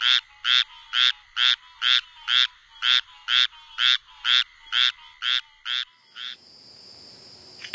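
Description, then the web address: Squirrel treefrog calling in a steady series of short, raspy, nasal notes, about two per second, about fourteen in a row, then stopping into faint hiss. Frog in North America. "Songs of Frogs Toads of North America. Squirrel Treefrog"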